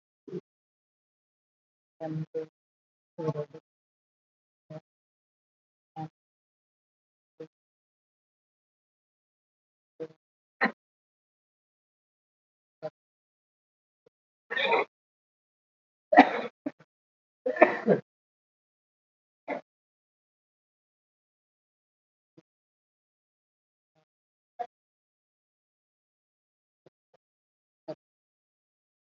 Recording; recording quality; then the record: counting at a normal pace; poor, much background noise or distortion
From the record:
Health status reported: COVID-19 positive, mild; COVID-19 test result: positive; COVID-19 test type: RT-PCR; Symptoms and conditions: fatigue, diabetes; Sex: female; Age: 49 years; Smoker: no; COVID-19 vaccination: both doses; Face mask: worn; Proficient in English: no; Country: India